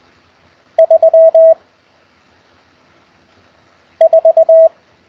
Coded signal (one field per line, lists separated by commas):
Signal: Morse code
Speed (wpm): 20 wpm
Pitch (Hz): 650 Hz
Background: none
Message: 3 4